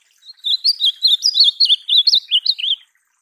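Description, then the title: Ultramarine grosbeak song: a lively run of many high, sweet whistled notes, each bending up or down. Song presented for training a pet golinha (seedeater) to learn the ultramarine grosbeak's song. "Encarte Seu Golinha Com Este Lindo Canto De Azulão"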